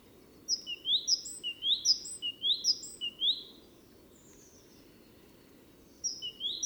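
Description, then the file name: Great tit song: a phrase of several high two-note units, each a sharp high note followed by a lower rising note, falls silent, then resumes near the end. "Parus major"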